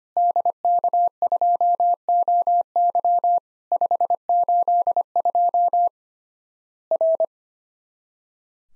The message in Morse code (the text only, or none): DK2OY 582 R